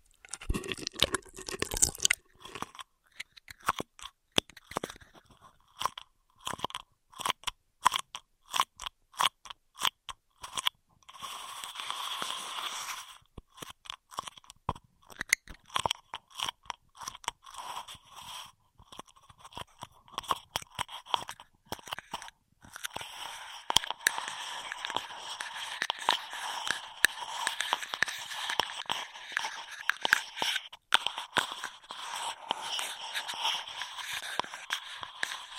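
Straw triggers fill the clip with dense crackling, crinkling and tapping, sharp clicks firing in quick irregular bursts with brief gaps around five and twelve seconds. After about twenty-three seconds a steady bright hiss and rustle takes over, with clicks continuing on top.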